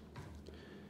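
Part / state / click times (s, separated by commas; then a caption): battery pack into massage gun handle / not seated / none. A rechargeable battery pack is slid into the handle of a Theragun Pro massage gun, making a short burst of scraping handling noise at about 0.2 s over a faint low background hum. The pack has not yet snapped into place, and nothing has seated or clicked by the end of the clip.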